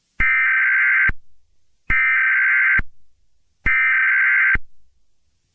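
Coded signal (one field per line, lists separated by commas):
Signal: Emergency Alert System (SAME) tones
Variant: header bursts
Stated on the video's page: Fictional EAS scenario containing valid tones, simulated alert.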